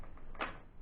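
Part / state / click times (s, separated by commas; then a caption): pop-out plastic part on a toy sky sled vehicle / not seated / none. A spring-loaded pop-out plastic part on a toy sky sled vehicle is worked by hand, giving faint handling taps near the start and a brief brighter scrape or rattle around 0.4 seconds. The part does not snap out, and nothing has seated or clicked yet; the release mechanism seems stuck.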